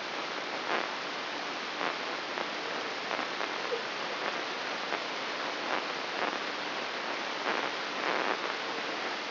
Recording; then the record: brain microelectrode recording played as sound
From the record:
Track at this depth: outside the subthalamic nucleus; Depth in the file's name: 7.26 mm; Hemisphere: left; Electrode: 3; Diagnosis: Parkinson's disease